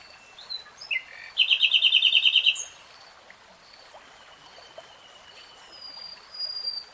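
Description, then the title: Nightingale song: a few short chirps, then a loud fast rattle of repeated notes lasting about a second, followed by quieter high whistles. Real-time recording. "[Tiếng chim hót] 3 Hours REALTIME Nightingale Singing"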